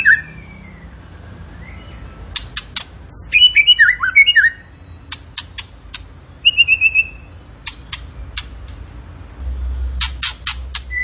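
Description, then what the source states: Tembakan bird song of sharp whistled chirps and rapid zigzag notes mixed with dry clicking rasps, with gaps of quiet between phrases. Energetic, full-voiced (gacor) singing used as a master training recording for cage birds.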